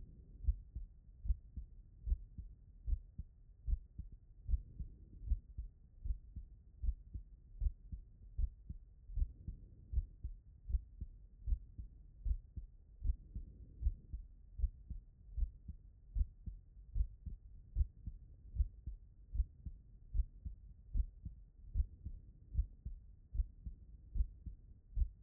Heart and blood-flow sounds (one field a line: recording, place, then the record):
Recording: heart sounds by stethoscope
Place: tricuspid valve (TV)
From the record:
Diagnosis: non-HFrEF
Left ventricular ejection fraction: 65%